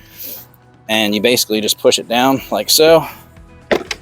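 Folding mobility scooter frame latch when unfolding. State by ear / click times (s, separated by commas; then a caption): seated / 3.7 s. Someone talks while a latch is released on a Pride Go Go Carbon folding mobility scooter and its carbon frame is pushed down to unfold it. The frame latch snaps into place with a loud, sharp click at 3.7 s, followed by another sharp hit at 3.9 s, and the frame is locked open.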